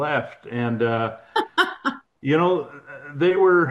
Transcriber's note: laughs